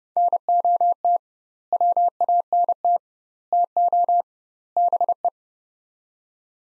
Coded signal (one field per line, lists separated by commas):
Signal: Morse code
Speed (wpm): 30 wpm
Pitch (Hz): 700 Hz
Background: none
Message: NOT WANT TO BE